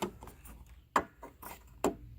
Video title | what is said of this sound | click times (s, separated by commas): Changing The Oil In Your Car: 2011 Dodge Grand Caravan | like so you'll hear a little click it'll pop in | 1.0 s, 1.8 s